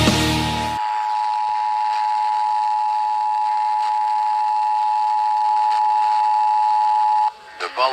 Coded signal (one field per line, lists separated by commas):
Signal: Emergency Alert System (SAME) tones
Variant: 853 and 960 Hz attention tone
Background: speech, music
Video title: (EAS #449 - #456) WENT GOOD UNTIL THE END - EAS Tests from 3/15/22 - 3/16/22